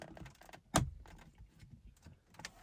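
A plastic trim cover is pushed back onto the windscreen mirror mount housing of a VW ID Buzz after tucking up the wiring for a Fitcamx 4K dash cam; its small spring part made this the hardest step. After some light handling noises, a sharp click at 0.8 s marks the cover seating in place, followed by a few faint taps. The cover is confirmed seated.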